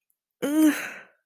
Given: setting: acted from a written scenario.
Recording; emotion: vocal sound without words; distress